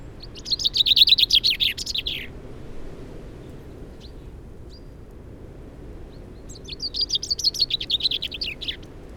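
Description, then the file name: Common chaffinch repeating its song twice, a brisk falling series of crisp notes closing with a flourish, separated by several seconds of quiet. "Fringilla coelebs"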